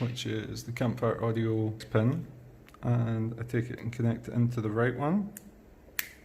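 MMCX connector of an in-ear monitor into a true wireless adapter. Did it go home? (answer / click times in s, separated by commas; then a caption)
yes / 6.0 s. An in-ear monitor's MMCX cable connector, a Campfire Audio pin, is pushed onto the right-side TRN BT20S Pro true wireless adapter module while someone talks. It snaps home with a sharp click at 6.0 s, seating the connector.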